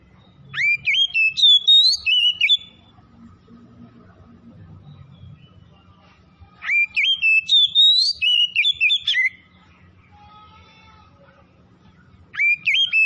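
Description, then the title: Oriental magpie-robin song phrases of rich, rapid whistled notes, repeated about every six seconds, with quiet low hum in the gaps. Singing actively, described as 'gacor' (in full song). "Kacer Tretes"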